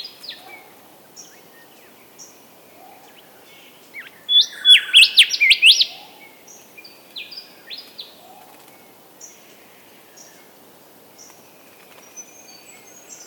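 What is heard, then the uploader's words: Early morning bird chorus just after dawn, with scattered high chirps and whistles throughout. Around four to six seconds a louder bird sings a quick run of bright, rising notes. A faint low hiss stays steady underneath, with occasional soft lower calls. Early morning bird-chorus just after dawn near Dayboro in SE Queensland.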